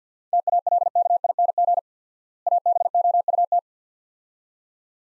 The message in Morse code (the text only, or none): TALKING ABOUT